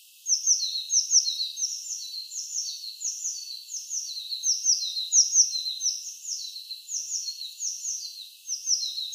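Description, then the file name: Eurasian blue tit singing a continuous run of high, rapid, slurred descending notes, pouring out almost without a break throughout. "Cyanistes caeruleus"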